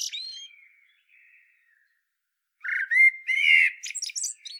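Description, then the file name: Common blackbird song: a soft trailing phrase fades out, then after a short pause comes a louder phrase of flowing whistles mixed with high squeaky notes. "Turdus merula"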